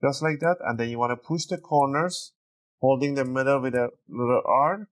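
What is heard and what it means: A laptop keyboard for an HP ProBook 440 G3 is being handled into its palm rest: the bottom edge has been tucked under the palm rest, and the corners are about to be pressed while the middle is held so the plastic clips snap in. Someone talks throughout, with a brief pause around 2.3–2.8 seconds. Nothing has seated or clicked yet.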